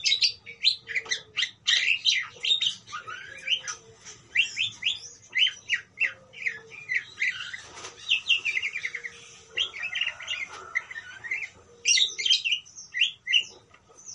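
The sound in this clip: Parakeet chattering: a steady stream of high, scratchy chirps and squeaks, dense and uneven throughout, with a few faint lower whistles underneath.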